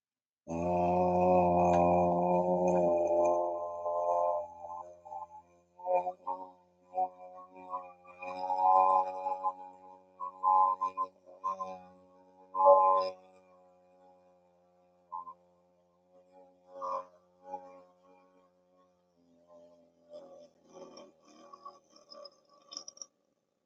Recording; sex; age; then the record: vowel held as long as possible; male; 30 to 39 years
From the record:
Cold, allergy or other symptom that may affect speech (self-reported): no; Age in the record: 35 years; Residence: Ohio, United States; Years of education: 16